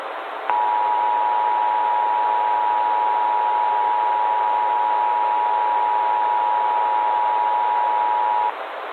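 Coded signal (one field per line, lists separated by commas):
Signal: Emergency Alert System (SAME) tones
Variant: 853 and 960 Hz attention tone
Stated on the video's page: Fictional EAS scenario with valid tones, produced in software including eSpeak, TTSTool and Audacity.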